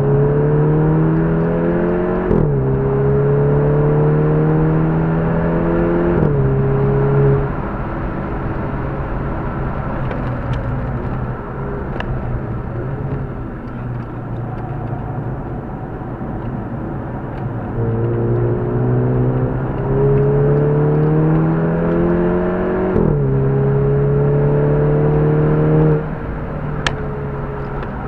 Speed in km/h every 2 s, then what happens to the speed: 109, 126, 144, 166, 166, 129, 92, 71, 64, 81, 104, 126, 140, 130.
0-6 speeds up to 166. 8-14 brakes to 71. 14-24 speeds up to 140. 24-28 slows to 130.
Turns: 12-19.